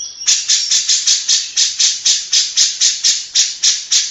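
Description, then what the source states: Grey-cheeked bulbul delivering an even series of loud, rasping notes, roughly four each second, after a short high opening note. Long-duration recording made for training cage birds (masteran).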